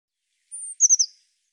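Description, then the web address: Eurasian blue tit call: one long, thin, very high steady note followed by a quick tumble of lower descending notes. "cianscape birddata Deverinetal 2025 File cleaned normalized Bird Cy Ca"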